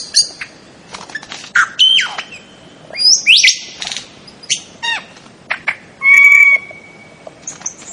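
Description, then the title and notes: Bird song of varied whistles, sharp chirps and downslurred notes, given in scattered bursts with short pauses between them. Melodious voice. "Burung Dengan Suara Merdu"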